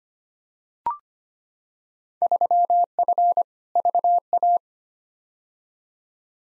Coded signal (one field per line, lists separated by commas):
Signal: Morse code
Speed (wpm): 25 wpm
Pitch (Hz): 700 Hz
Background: none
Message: 3F VA